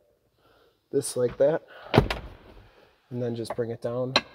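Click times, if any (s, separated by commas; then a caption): none. Someone talks while the folding soft top frame of a 2023 Jeep Gladiator Mojave pickup is handled and lowered by hand toward its folded rest position on the truck body, with a short sharp handling knock near 2.1 s. The clip ends before the frame goes home, so nothing has seated or snapped into place yet.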